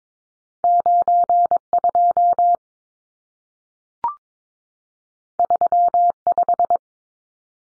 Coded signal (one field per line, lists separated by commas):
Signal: Morse code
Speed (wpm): 22 wpm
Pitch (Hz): 700 Hz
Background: none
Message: 92 35